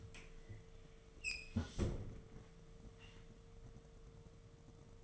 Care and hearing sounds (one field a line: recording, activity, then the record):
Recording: daily activity, microphone in the room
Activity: close fridge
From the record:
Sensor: 4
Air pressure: 1015.8 hPa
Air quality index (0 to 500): 186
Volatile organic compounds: 9 ppm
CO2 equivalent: 2142 ppm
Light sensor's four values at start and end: 9/21/8/9 and 12/28/11/11